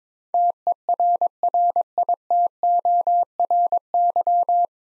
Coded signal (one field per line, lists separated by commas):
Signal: Morse code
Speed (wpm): 22 wpm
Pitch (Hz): 700 Hz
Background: none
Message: TERRITORY